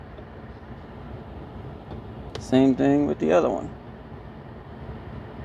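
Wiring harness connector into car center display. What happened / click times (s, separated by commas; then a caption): The wiring connector is being handled but has not yet clicked home / none. The second of two wiring harness connectors is handled at the back of a Tesla Model Y Juniper's center touchscreen after a swivel mount has been installed. Someone talks briefly over a low, steady background hum. The connector has not seated or clicked yet.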